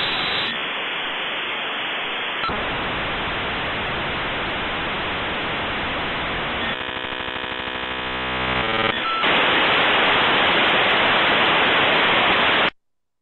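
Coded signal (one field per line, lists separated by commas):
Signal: dial-up modem handshake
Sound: loud wideband hiss, then a buzzy many-toned training section, then hiss again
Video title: AOL Dial up sound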